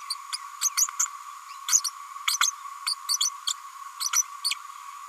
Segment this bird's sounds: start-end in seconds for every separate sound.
0.10-0.14, 0.32-0.37, 0.61-0.69, 0.77-0.87, 0.99-1.06, 1.68-1.81, 1.84-1.90, 2.27-2.38, 2.40-2.51, 2.86-2.94, 3.09-3.17, 3.20-3.29, 3.47-3.54, 4.00-4.10, 4.13-4.23, 4.44-4.54